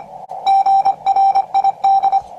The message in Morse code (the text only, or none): GRID